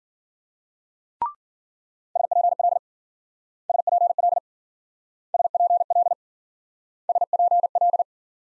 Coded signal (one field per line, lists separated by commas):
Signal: Morse code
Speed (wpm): 50 wpm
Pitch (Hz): 700 Hz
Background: none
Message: SPL SPL SPL SPL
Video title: Multi-letter Phonemes - Speed-Racing - 40wpm